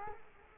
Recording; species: mosquito wingbeat signal from an infrared sensor; Culex quinquefasciatus